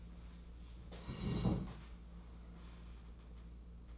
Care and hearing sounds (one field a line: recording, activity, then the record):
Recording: daily activity, microphone in the room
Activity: sit down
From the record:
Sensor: 1